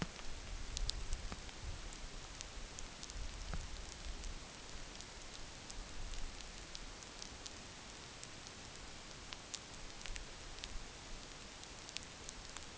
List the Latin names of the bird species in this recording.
none